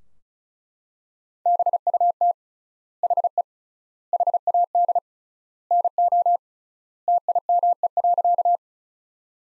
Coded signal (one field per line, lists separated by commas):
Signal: Morse code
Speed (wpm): 36 wpm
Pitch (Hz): 700 Hz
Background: none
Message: BUT HE HAD NO TIME.